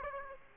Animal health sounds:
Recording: mosquito wingbeat signal from an infrared sensor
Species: Aedes aegypti

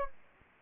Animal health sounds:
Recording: mosquito wingbeat signal from an infrared sensor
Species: Anopheles gambiae

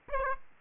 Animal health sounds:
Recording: mosquito wingbeat signal from an infrared sensor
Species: Aedes aegypti

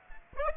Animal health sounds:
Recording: mosquito wingbeat signal from an infrared sensor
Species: Aedes aegypti

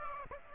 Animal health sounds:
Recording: mosquito wingbeat signal from an infrared sensor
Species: Aedes aegypti

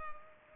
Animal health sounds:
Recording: mosquito wingbeat signal from an infrared sensor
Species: Culex pipiens

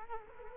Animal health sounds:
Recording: mosquito wingbeat signal from an infrared sensor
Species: Culex quinquefasciatus

